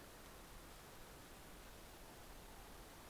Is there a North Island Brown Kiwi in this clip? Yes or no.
no